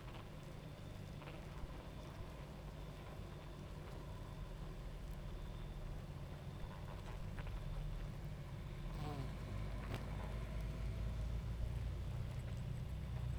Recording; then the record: honeybee colony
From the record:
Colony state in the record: active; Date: 28 July 2017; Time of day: 23:02